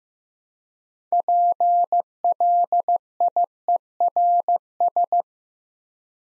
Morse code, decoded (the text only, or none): PLIERS